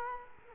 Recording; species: mosquito wingbeat signal from an infrared sensor; Culex quinquefasciatus